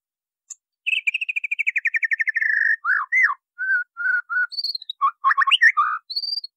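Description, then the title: White-rumped Shama song: a brisk string of evenly repeated whistled notes slowly falling, followed by rich looping whistles and quick varied phrases. "MASTERAN MURAI BATU LABAIK"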